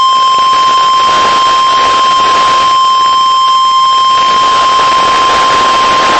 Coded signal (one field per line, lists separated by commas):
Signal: Emergency Alert System (SAME) tones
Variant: 1050 Hz attention tone